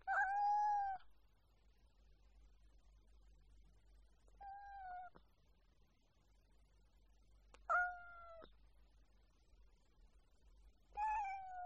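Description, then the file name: Cat meowing: four drawn-out, harmonic meows spaced several seconds apart with quiet between them. "audio hero Cat"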